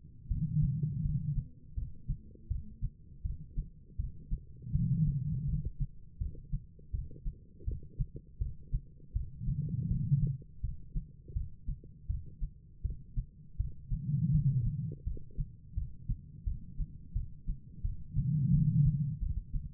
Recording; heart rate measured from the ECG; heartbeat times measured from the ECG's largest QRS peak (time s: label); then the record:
heart sounds by stethoscope; 82 bpm
0.28 s: heartbeat
1.02 s: heartbeat
1.75 s: heartbeat
2.48 s: heartbeat
3.23 s: heartbeat
3.97 s: heartbeat
4.72 s: heartbeat
5.46 s: heartbeat
6.18 s: heartbeat
6.91 s: heartbeat
7.65 s: heartbeat
8.39 s: heartbeat
9.13 s: heartbeat
9.88 s: heartbeat
10.61 s: heartbeat
11.34 s: heartbeat
12.07 s: heartbeat
12.82 s: heartbeat
13.57 s: heartbeat
14.31 s: heartbeat
15.04 s: heartbeat
15.75 s: heartbeat
16.44 s: heartbeat
17.13 s: heartbeat
17.82 s: heartbeat
18.51 s: heartbeat
19.19 s: heartbeat
From the record:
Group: healthy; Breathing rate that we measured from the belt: 14 breaths a minute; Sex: female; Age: 51 years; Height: 162 cm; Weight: 70.04 kg